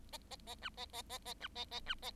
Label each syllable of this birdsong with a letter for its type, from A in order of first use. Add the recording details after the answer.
A A A B A A A A B A A B A. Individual Bird7